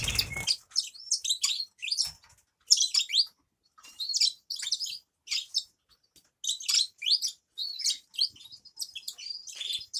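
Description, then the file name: Grass parakeet chatter: a short low thump at the start, then many quick, high twittering chirps in uneven bursts separated by short silences. "travyanye popugaiciki"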